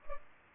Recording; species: mosquito wingbeat signal from an infrared sensor; Culex pipiens